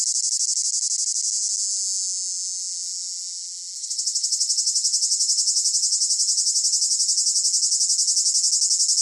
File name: gain walkers CICADA Close Up Rhythmic Chirping Long Phrases Piercing Whine